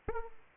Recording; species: mosquito wingbeat signal from an infrared sensor; Aedes aegypti